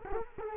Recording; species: mosquito wingbeat signal from an infrared sensor; Culex quinquefasciatus